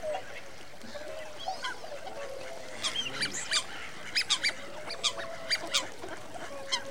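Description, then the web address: Waterfowl flock calling, a steady chorus of mid-pitched honks and whistles with sharper, higher calls bursting out repeatedly in the second half. Winter migrant waterfowl. "The BBC Sound Effects Library. Winter migrant waterfowl"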